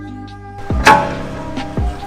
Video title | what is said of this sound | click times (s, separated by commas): Solo-Werks S1 coilover install VW Alltrack mk7 @DIYorDie Tech Shop | right so right there you could hear the tab lock into place | 0.9 s